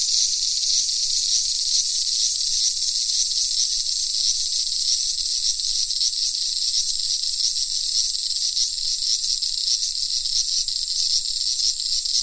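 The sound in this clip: Cicada chorus, a continuous, dense, high-pitched hissing drone with no breaks.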